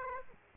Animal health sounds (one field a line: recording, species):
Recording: mosquito wingbeat signal from an infrared sensor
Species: Aedes aegypti